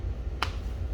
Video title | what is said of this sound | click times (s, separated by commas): Welcome to the family! | nice satisfying snap it's not some weak little snap like you get on some of the | 0.4 s